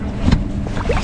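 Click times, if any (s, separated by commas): none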